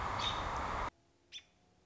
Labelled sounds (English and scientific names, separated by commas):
American Robin (Turdus migratorius)